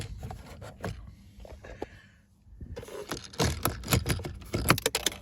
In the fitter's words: and this thing just pops into place